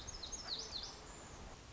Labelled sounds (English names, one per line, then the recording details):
Lazuli Bunting
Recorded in Sonoma County, California